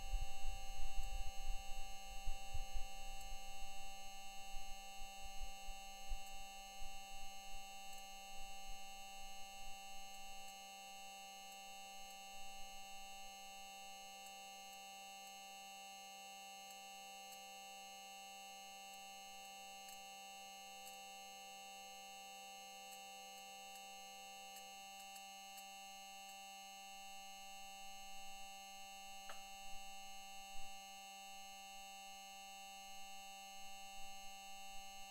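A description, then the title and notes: The rover's Gaseous Dust Removal Tool gives a steady hum of many fixed tones. Low thumping puffs cluster in the first few seconds and fade by about ten seconds. A brief ping rings out near twenty-nine seconds, and one tone drops away around twenty-five seconds. This recording was made by the Perseverance Mars rover. The puffs and pings of the rover’s Gaseous Dust Removal Tool (gDRT) were collected using a microphone on the rover’s chassis. The gRDT has a tank of nitrogen gas and is used during sample collection to blow the dust away and reveal the fresh rock surface underneath.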